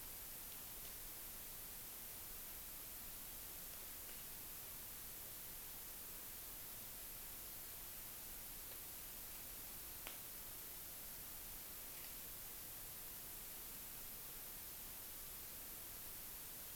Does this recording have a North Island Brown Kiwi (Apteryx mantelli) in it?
no